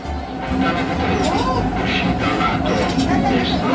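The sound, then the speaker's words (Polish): A steady, loud rumble of a Rome metro train in motion at about 3:30 at night, with a rising and falling motor whine over it and indistinct voices murmuring underneath, as thousands of Italians ride to cultural institutions open for the annual White Night on 28 September 2003. “Tysiące Włochów dojeżdża właśnie metrem do instytucji kulturalnych, które tej nocy otwarte są dla zwiedzających.”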